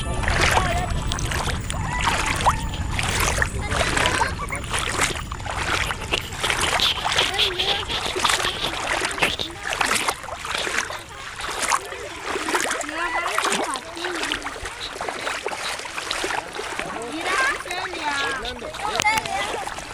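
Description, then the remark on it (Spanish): Water splashes and sloshes in a lagoon, a steady run of loud, irregular splashes and churning, with voices chattering intermittently beneath the noise of the water. “estoy grabando el sonido del agua.”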